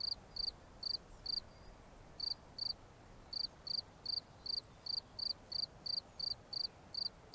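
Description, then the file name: Cricket chirps, high and pulsed, coming in irregular bursts with brief gaps, then settling into a steady run of evenly spaced chirps. "Grillons"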